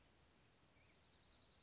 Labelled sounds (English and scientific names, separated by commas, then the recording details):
Western Flycatcher (Empidonax difficilis)
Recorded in Sonoma County, California